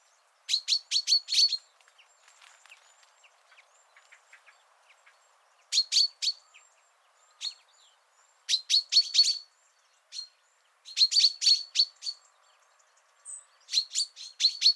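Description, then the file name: Common chaffinch calls: clusters of short, sharp, high chirps in quick bursts, with quiet gaps between bursts and faint softer notes in the background. "Fringilla coelebs"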